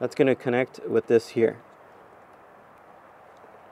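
A grille light wiring connector for a TRD Pro V2 grille on a Toyota Tacoma is lined up with its keyed mating plug on the wiring before insertion. Someone talks for the first 1.6 seconds, then only a low, steady background noise remains until the end. Nothing has been pushed in or clicked yet.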